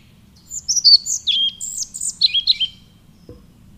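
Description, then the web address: European pied flycatcher song: a brief phrase of sweet, high, varied whistled notes, some sliding downward, lasting about two seconds, over a faint low hum. "agykontroll Madardalok Cd 1. Kormos légykapó"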